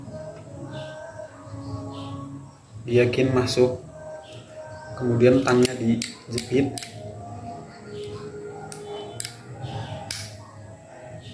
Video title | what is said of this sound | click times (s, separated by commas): Cara Pasang Kabel Jaringan UTP ke Konektor RJ45 | sampai klik. Oke. | 9.2 s, 10.1 s